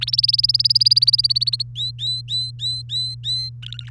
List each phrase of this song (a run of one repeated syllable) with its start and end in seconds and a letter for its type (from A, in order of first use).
0.01-1.63 A, 1.75-3.49 B, 3.62-3.90 C